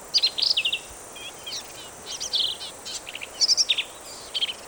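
Black-capped vireo singing rapid, jumbled phrases that mix chattery notes with brief clear whistles, in quick bursts with short pauses between them.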